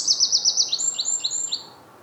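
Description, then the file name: Eurasian wren song: a loud, very high rapid trill of repeated notes, then dropping into quick sharp chirping phrases, fading out in under two seconds. "Troglodytes troglodytes"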